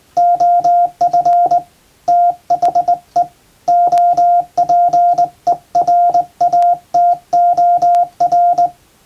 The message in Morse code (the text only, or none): OF THE OPERATOR